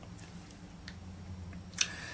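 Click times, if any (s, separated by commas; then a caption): none. A screwdriver with a tip too thick to sit in the slot of a flathead screw on an Ex-cell WGC3030 pressure washer slips and cams out of the screw head, stripping it. Faint scraping ticks are heard at about 0.5, 0.9 and 1.5 seconds, then a sharp, bright metallic click at 1.8 seconds as the tip slips out over a low steady hum. Nothing has seated or clicked into place.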